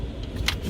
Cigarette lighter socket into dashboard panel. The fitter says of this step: pop that in, make sure it clicks, pull it back, make sure it's nice and steady